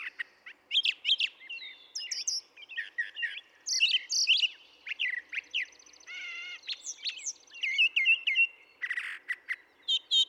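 Brown thrasher singing a continuous, varied medley of chips, trills, buzzes and whistled slurs, with little pause between phrases and a faint hiss beneath.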